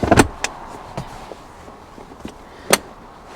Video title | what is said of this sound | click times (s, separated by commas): JAECOO J8 extensive review: $55K super-value family SUV -- BestFamilyCars Scott Murray | Two clicks. All right, we're in, baby. | 0.2 s, 2.7 s